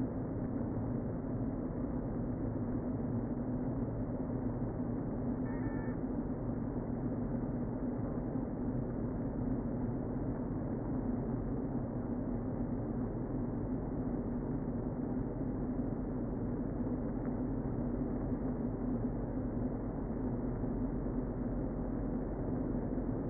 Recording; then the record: honeybee colony, microphone inside the hive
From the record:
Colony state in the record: queen present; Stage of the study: before two queens were removed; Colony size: about 60,000 bees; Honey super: yes